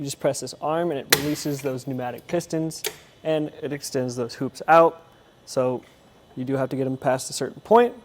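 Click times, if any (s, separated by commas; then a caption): none. Someone talks while handling the pneumatic wheel hoop arm on a Kuat Piston Pro X hitch-mounted platform bike rack on a 2023 Tesla Model Y; pressing the arm releases the pneumatic pistons and extends the hoops out. The hoop's metal/plastic ratchet has not yet been pushed back down against the bike wheel, so nothing has seated or clicked yet.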